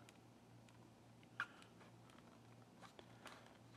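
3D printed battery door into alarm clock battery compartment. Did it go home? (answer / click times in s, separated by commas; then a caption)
no / none. A 3D printed PLA battery door is pushed from one spot on the back of an RCA RCD30-A alarm clock's battery compartment, giving small plastic taps and scrapes over a steady low hum, with the sharpest knock at about 1.4 s. The door does not snap shut when pushed from there, so nothing has clicked into place yet.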